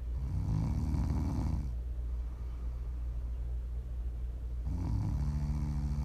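Two low, rumbling snores about five seconds apart, each a coarse fluttering on the in-breath, the second ending in a steadier buzzing tone. A quiet pause follows the first. This is ordinary sleep snoring from an adult, offered as ASMR for relaxing and winding down.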